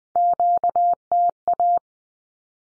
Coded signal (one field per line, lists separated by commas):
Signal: Morse code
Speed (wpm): 20 wpm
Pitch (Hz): 700 Hz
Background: none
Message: QTA